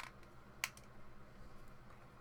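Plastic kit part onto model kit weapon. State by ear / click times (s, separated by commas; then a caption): seated / 0.6 s. A plastic model kit part is snapped onto the model kit's weapon. There is a faint low hum, then one sharp, loud snap at 0.6 s. The part seats.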